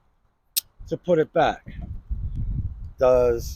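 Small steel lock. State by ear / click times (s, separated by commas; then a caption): released / 0.6 s. On a folding knife, the small shackle lock release is pushed down so the locked marlin spike can be folded back, and a single sharp click sounds at 0.6 s. Someone talks afterward, with low rumbling handling noise. The marlin spike lock is released.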